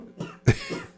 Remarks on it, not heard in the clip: My lungs are coated in something that makes me need to cough right now. They gave me an inhaler, and they took my blood.